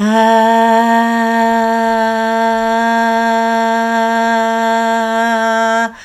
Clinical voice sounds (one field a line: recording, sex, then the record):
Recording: sustained vowel /a/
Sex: female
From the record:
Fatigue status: no fatigue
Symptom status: asymptomatic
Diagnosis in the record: COVID-19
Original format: m4a